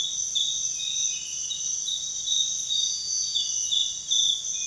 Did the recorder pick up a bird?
no